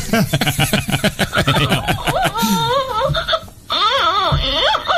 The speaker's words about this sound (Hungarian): Jaj, de kicsi sír az a baba.